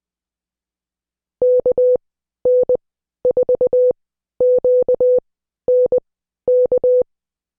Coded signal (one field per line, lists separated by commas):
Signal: Morse code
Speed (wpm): 20 wpm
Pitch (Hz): 500 Hz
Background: none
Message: KN4QNK